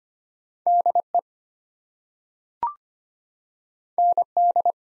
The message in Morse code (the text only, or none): DE ND